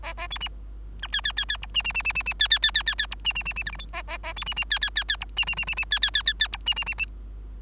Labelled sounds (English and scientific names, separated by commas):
Bengalese Finch (Lonchura striata domestica) song